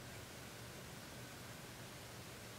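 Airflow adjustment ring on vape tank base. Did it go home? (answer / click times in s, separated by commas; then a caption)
no / none. The airflow control ring on the base of an Aspire Nautilus tank clearomizer is being twisted toward the 1.4 mm air hole setting, where it clicks into its detent. Only a steady, even hiss of broadband noise is heard, with no distinct sudden sounds. The ring has not yet clicked into place.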